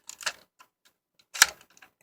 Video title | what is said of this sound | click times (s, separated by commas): Power rangers time force Quantum defender | and then y'all can hear one sound when you close the mouth to release the blade and the | 1.4 s